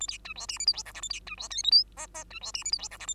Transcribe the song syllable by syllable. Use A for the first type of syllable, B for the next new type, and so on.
A B C D E F G H I J A B C D K L M N N C D E F G H I J A